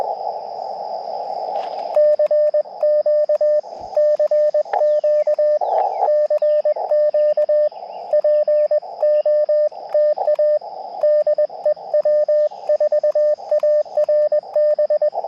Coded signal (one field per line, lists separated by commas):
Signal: Morse code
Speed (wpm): 20 wpm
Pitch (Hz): 600 Hz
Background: radio noise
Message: CQ CQ CQ POTA DE W4ARB